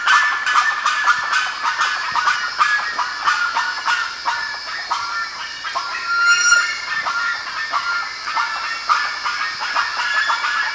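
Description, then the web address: Bird calls, a run of quick harsh harmonic notes, fading and returning in uneven bursts, against a constant hissing background. "BIRD 2015 SABIOD 50 bird 2015"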